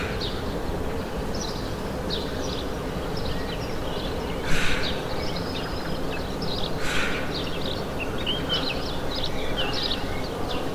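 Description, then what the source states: Birds twittering with quick high chirps throughout. Two short rushing noises come in midway, over a steady low rumble. Morning bird ambience.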